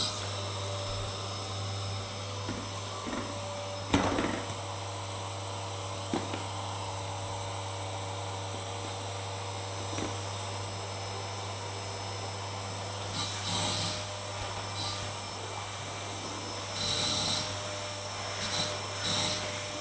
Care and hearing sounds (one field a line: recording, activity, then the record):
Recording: daily activity, microphone in the room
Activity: vacuum cleaning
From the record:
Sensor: 3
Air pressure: 1000.1 hPa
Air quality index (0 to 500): 136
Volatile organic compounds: 2 ppm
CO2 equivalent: 1210 ppm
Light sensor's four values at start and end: 29/60/29/32 and 39/101/42/47